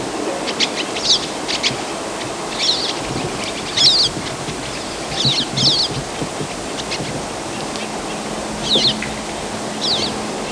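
Pine siskin calls: short, high, buzzy twittering notes, some doubled, repeated irregularly every one to three seconds, over a steady background hiss and a faint low hum late on.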